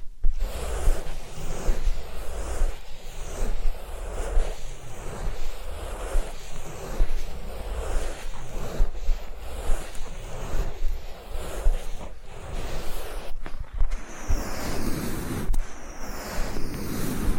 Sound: Massage, Ear Cleaning and Spa